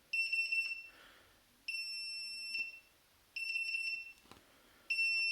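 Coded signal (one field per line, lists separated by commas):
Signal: beep code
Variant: Classic Army programmable fire-mode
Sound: repeated long high-pitched beeps, about one second each, with short gaps, plus clicks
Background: handling clicks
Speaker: So we're off the default, we're now on to safe semi 3-shot burst.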